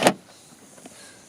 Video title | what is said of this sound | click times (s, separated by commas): How to Empty a Caravan Toilet Cassette with Funny Extra Hints - for Beginners - Fozzie's Views | and push and you'll hear the click | 0.1 s